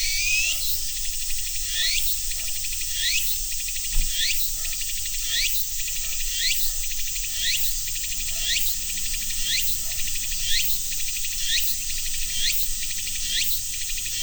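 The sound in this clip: Cicadas buzzing: a continuous high hiss with upward-sweeping buzzy notes about every second, plus faint soft lower clicks between them.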